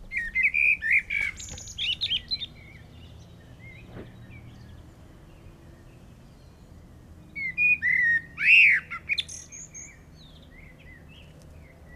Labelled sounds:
Common Blackbird (Turdus merula) song

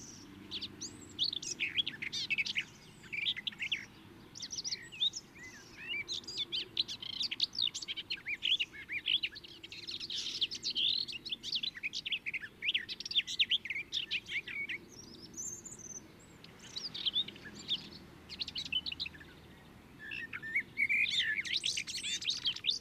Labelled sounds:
Garden Warbler (Sylvia borin) song

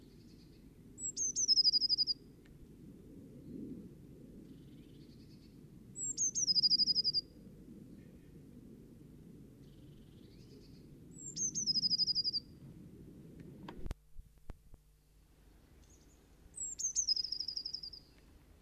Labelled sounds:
Eurasian Blue Tit (Cyanistes caeruleus) song

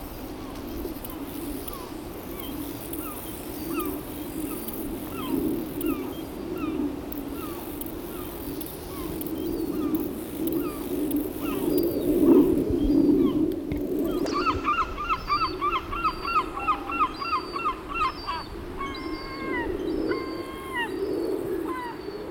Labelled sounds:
Lesser Marsh Grasshopper (Chorthippus albomarginatus) stridulation

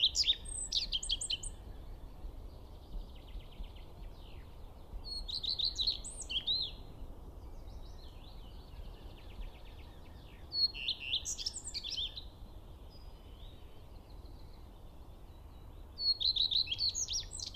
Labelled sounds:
Common Redstart (Phoenicurus phoenicurus) song

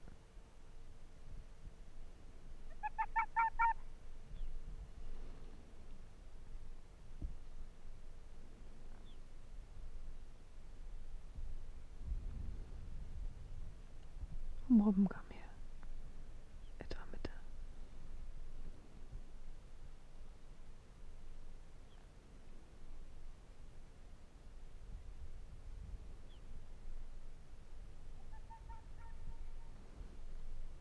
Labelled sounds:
Arctic Fox (Vulpes lagopus)

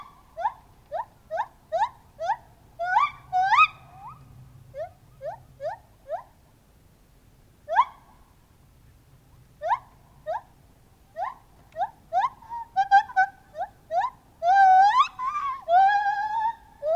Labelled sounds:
Lar Gibbon (Hylobates lar)

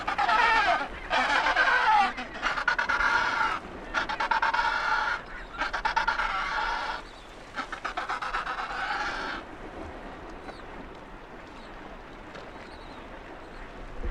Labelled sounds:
Adelie Penguin (Pygoscelis adeliae) call

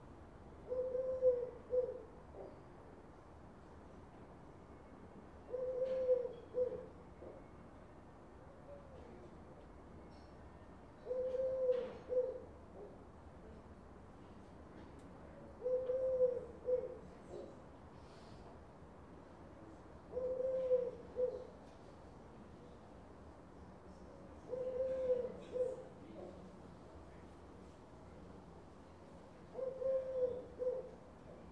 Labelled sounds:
Eurasian Collared Dove (Streptopelia decaocto)

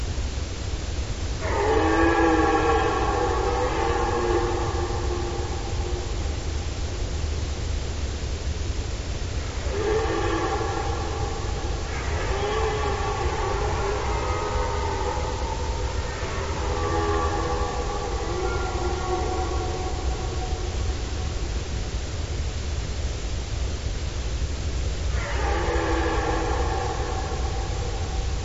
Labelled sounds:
Red Deer (Cervus elaphus)

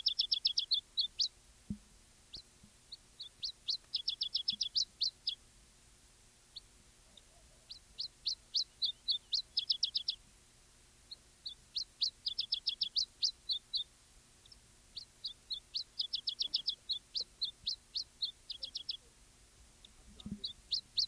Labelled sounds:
Iberian Chiffchaff (Phylloscopus ibericus)

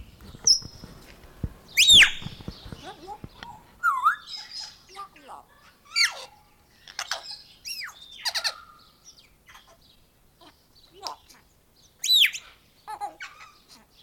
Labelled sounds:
Grey Parrot (Psittacus erithacus)

